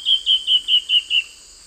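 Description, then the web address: Black-faced antbird song fragment of six evenly spaced whistled notes, with a constant high insect drone behind. Song; South America, eastern lowlands. "Nature Songs S America Eastern Lowlands. Myrmoborus myotherinus, song"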